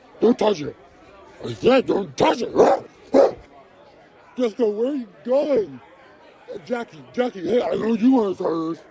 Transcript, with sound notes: Don’t touch it. I said dont touch it! (bark) Jessica where are you going?! Jackie, hey, I know you wanna try this!